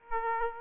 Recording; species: mosquito wingbeat signal from an infrared sensor; Aedes aegypti